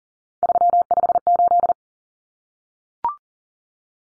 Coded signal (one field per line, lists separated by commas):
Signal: Morse code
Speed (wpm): 40 wpm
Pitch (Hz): 700 Hz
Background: none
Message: 358